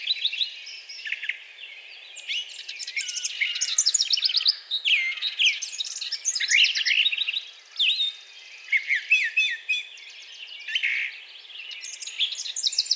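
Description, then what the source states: Brown thrasher song, a busy medley of harsh, whistled and rattling notes delivered in quick bursts. Recorded on 4 June 2020.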